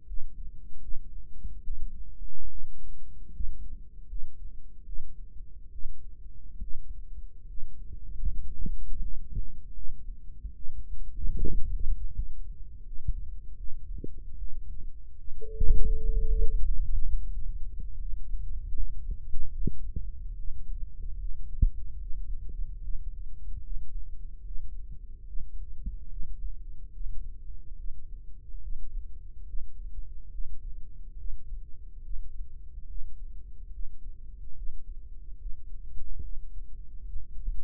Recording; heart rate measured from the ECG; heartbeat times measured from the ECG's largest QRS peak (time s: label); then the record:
heart sounds by microphone in the right ear; 75 bpm
0.05 s: heartbeat
0.80 s: heartbeat
1.62 s: heartbeat
2.48 s: heartbeat
3.31 s: heartbeat
4.07 s: heartbeat
4.84 s: heartbeat
5.70 s: heartbeat
6.60 s: heartbeat
7.46 s: heartbeat
8.27 s: heartbeat
9.00 s: heartbeat
9.74 s: heartbeat
10.54 s: heartbeat
11.37 s: heartbeat
12.12 s: heartbeat
12.84 s: heartbeat
13.55 s: heartbeat
14.36 s: heartbeat
15.17 s: heartbeat
15.95 s: heartbeat
16.62 s: heartbeat
17.28 s: heartbeat
17.97 s: heartbeat
18.73 s: heartbeat
19.52 s: heartbeat
20.35 s: heartbeat
21.17 s: heartbeat
21.98 s: heartbeat
22.80 s: heartbeat
23.62 s: heartbeat
24.43 s: heartbeat
25.25 s: heartbeat
26.08 s: heartbeat
26.91 s: heartbeat
27.76 s: heartbeat
28.60 s: heartbeat
29.44 s: heartbeat
30.30 s: heartbeat
31.16 s: heartbeat
32.02 s: heartbeat
32.87 s: heartbeat
33.71 s: heartbeat
34.54 s: heartbeat
35.37 s: heartbeat
36.20 s: heartbeat
37.03 s: heartbeat
From the record:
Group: healthy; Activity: rest 0-17 s, breath hold 17-38 s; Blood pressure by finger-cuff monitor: 117/66 mmHg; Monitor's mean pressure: 81 mmHg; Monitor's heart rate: 73 bpm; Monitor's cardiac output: 6.6 L/min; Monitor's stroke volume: 89 mL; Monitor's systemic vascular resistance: 880 dyn s/cm5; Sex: female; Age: 22 years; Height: 160 cm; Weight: 63 kg